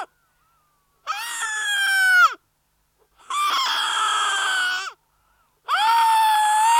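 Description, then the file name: Young seal calls: three rough, nasal wails of one to two seconds each, steady or slightly falling, separated by short silences. Young seal, recorded close; a grumble. "Digiffects Sound Effects Library - Close Young Seal Grumble"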